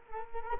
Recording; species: mosquito wingbeat signal from an infrared sensor; Culex quinquefasciatus